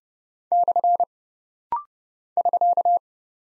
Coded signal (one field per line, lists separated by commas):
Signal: Morse code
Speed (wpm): 30 wpm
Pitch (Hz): 700 Hz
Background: none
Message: / <SK>